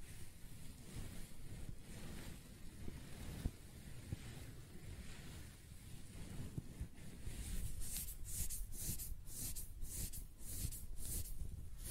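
Close-up hair sounds: a steady low rustling rumble throughout, then from about eight seconds quick, regular brushing strokes with bright scratchy bursts.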